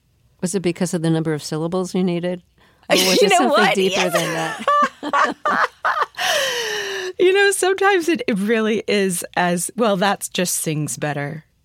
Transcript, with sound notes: Was it because of the number of syllables you needed, or was it...
You know what?
...Something deeper than that?
(LAUGHTER)
You know, sometimes it really is as - well, that's - just sings better.